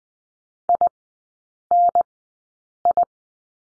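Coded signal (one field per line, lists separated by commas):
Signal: Morse code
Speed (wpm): 20 wpm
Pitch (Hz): 700 Hz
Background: none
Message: INI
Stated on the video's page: Morse code course lesson on the letter I, sent at Farnsworth speed of 20/10 wpm.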